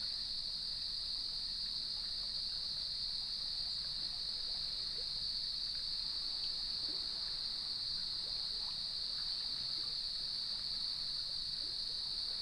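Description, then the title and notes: Crickets keeping up a long unbroken high trilling drone at a fixed pitch, over a quiet, rumbling low background wash. Evening chorus at sunset on the beach of Lighthouse West Natural Area, Leelanau Peninsula, recorded by gnarled cedar trees with waves in the background. "Sounds of Leelanau Peninsula: Lighthouse West Natural Area. Nature is my Jam"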